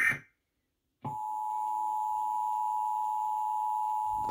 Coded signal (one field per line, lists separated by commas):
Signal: Emergency Alert System (SAME) tones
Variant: 853 and 960 Hz attention tone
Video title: Hacked EAS - Local Area Emergency